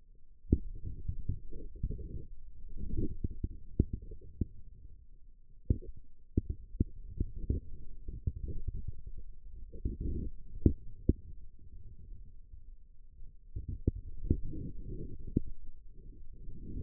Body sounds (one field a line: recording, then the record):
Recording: forearm muscle sounds (acoustic myography)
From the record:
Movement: radial deviation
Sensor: system 2, bracelet of six BSWA MPA416 microphones around the upper forearm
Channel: 4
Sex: male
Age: 22 years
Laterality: right